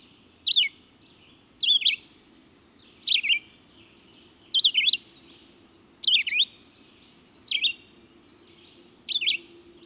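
Red-eyed vireo song: short, varied whistled phrases repeated about every one and a half seconds, each phrase a quick slurred up-and-down, over a faint low drone.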